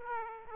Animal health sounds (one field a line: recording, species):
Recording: mosquito wingbeat signal from an infrared sensor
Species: Aedes aegypti